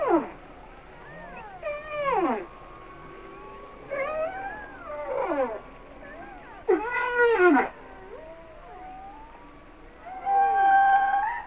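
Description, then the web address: Humpback whale song with varied sliding whoops, upsweeps and downswept cries, ending on a sustained harmonic wail over a low background hiss. "Natures Songs Whale Songs Sounds of Nature - Humpback Whales"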